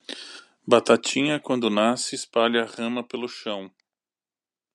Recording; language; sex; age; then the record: short text; Brazilian Portuguese; male; 50 to 59 years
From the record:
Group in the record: control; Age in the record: 54 years